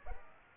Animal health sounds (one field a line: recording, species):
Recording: mosquito wingbeat signal from an infrared sensor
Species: Aedes aegypti